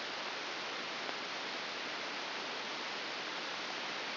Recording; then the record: brain microelectrode recording played as sound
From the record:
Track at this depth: inside the subthalamic nucleus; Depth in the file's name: 0.601 mm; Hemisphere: left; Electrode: 2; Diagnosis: Parkinson's disease